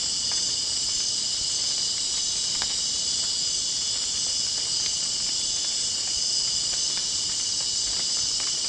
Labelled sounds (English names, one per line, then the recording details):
none
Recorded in dense forest near Puerto Asís, Putumayo, Colombia, on 24 June 2025 at 19:30
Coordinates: 0.499, -76.324
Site G100